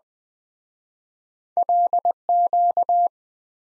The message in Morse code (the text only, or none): LQ